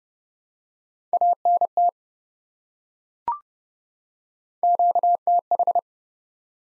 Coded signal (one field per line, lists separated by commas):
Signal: Morse code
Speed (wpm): 31 wpm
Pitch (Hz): 700 Hz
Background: none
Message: ANT QTH